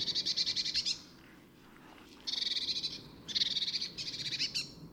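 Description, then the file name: Eurasian blue tit giving harsh, buzzy churring rattles in rapid pulses, several short bursts separated by brief pauses. "Cyanistes caeruleus"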